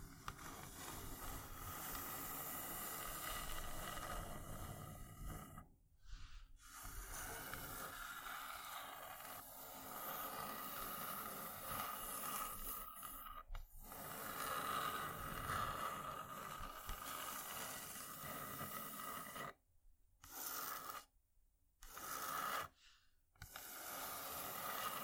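Wooden ASMR triggers make a dense, steady rustling and scraping hiss, broken by brief silent gaps near six, thirteen, and twenty to twenty-three seconds.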